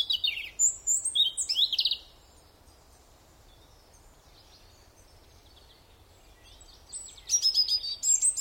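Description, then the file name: European robin song: a burst of high, jumbled warbling notes, a long silence, then another high twittering phrase near the end. "Erithacus rubecula"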